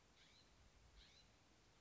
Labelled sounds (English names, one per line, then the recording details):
California Scrub-Jay
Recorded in Sonoma County, California